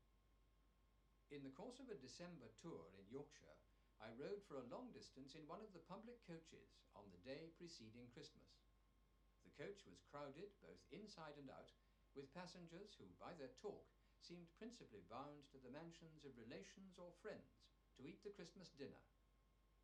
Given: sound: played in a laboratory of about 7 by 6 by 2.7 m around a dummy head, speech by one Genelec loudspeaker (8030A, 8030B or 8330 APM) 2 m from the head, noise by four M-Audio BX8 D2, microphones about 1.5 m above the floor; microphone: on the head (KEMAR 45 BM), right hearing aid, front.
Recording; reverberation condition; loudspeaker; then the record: male speech in English; low; 150 degrees to the right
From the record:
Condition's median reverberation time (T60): about 310 ms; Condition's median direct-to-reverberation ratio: about 3.5 dB